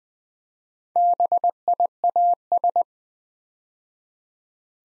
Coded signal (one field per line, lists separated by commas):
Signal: Morse code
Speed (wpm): 20 wpm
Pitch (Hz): 700 Hz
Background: none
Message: BIAS